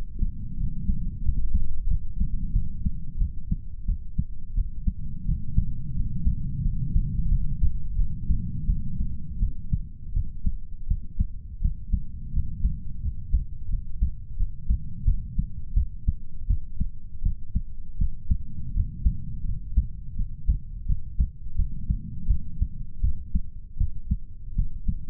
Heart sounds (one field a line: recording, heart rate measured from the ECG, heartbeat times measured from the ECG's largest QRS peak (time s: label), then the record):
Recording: heart sounds by stethoscope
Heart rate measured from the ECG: 85 bpm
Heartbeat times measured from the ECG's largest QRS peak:
0.57 s: heartbeat
1.23 s: heartbeat
1.88 s: heartbeat
2.53 s: heartbeat
3.18 s: heartbeat
3.86 s: heartbeat
4.55 s: heartbeat
5.25 s: heartbeat
5.94 s: heartbeat
6.62 s: heartbeat
7.29 s: heartbeat
7.96 s: heartbeat
8.66 s: heartbeat
9.39 s: heartbeat
10.13 s: heartbeat
10.87 s: heartbeat
11.61 s: heartbeat
12.33 s: heartbeat
13.02 s: heartbeat
13.70 s: heartbeat
14.37 s: heartbeat
15.05 s: heartbeat
15.74 s: heartbeat
16.47 s: heartbeat
17.23 s: heartbeat
17.98 s: heartbeat
18.73 s: heartbeat
19.45 s: heartbeat
20.16 s: heartbeat
20.86 s: heartbeat
21.56 s: heartbeat
22.27 s: heartbeat
23.01 s: heartbeat
23.78 s: heartbeat
24.55 s: heartbeat
From the record:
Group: healthy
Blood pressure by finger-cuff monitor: 122/79 mmHg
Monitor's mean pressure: 91 mmHg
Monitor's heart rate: 86 bpm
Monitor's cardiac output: 7.6 L/min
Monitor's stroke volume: 89 mL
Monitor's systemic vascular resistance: 880 dyn s/cm5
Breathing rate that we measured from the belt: 9 breaths a minute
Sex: male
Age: 33 years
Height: 179 cm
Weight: 80.4 kg